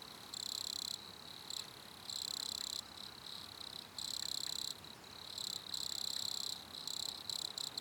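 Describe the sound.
Cricket producing high pulsed trills in bursts of varying length, separated by short silences, with a low hiss underneath.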